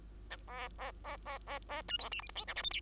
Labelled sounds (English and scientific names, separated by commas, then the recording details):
Bengalese Finch (Lonchura striata domestica) song
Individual Bird2